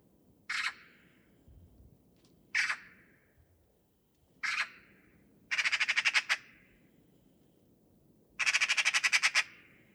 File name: Pica pica